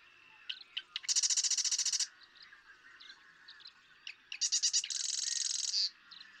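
Marsh Wren song: two bursts of rapid, buzzy rattling, each introduced by short ticking notes, separated by a couple of seconds of faint background.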